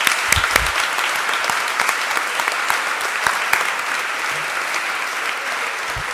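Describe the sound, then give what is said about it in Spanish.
A crowd applauds steadily, a dense wash of many hands clapping at once with scattered sharper claps standing out, sustained at an even volume for several seconds. “Así que un aplauso gigante, de verdad.”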